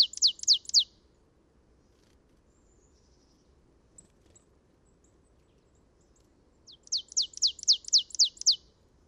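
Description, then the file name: Marsh tit giving a quick series of sharp, high chipping notes, four at the start and a longer run of about eight after several seconds of quiet background hiss. "Poecile palustris"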